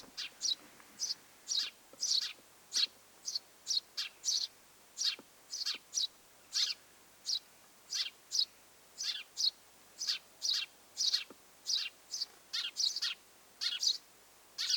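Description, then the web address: Eurasian tree sparrow: a steady stream of high, squeaky chirps, a few each second, some doubled, with a faint low tap now and then. Mother with nestlings in the nest; recorded 25 July 2026. "25 7 2026 pikkuvarpusemo ja poikaset pesassa"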